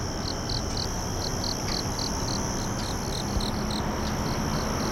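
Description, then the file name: Insect chirping in a steady rhythm of short high pulses, layered over a continuous high hum and a low rumbling background. "singing of insect"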